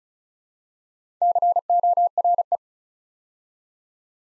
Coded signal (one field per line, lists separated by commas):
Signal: Morse code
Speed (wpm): 36 wpm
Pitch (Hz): 700 Hz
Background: none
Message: CORE